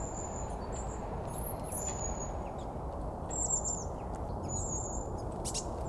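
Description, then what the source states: Birds calling with thin high whistles and short chirps scattered throughout, above a steady low rumbling background noise. Several birds; filmed with a Sony A7 IV camera and 70-300G lens.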